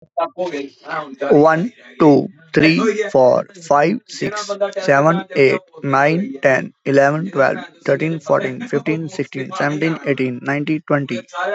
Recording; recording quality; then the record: counting at a normal pace; excellent, no background noise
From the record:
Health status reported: healthy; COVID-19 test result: not tested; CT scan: not taken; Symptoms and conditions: none ticked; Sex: male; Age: 35 years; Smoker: no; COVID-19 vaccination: both doses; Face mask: not worn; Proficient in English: yes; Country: India